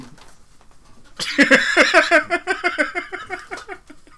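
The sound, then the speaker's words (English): A dog whimpers and snuffles in a quick, steady run of short whiny, breathy pulses that start abruptly after a quiet moment and stay fairly loud, with no talking. “Hey dog. Fuck out of here. Hey Rover, move it on over.”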